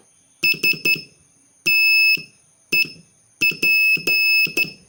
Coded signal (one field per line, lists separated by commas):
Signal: Morse code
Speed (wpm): 12 wpm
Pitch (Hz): 2600 Hz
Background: none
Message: STEP